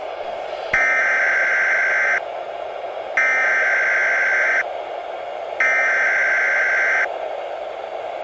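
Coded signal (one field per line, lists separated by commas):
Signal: Emergency Alert System (SAME) tones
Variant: header bursts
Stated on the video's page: Recreation of a Tornado Warning EAS alert.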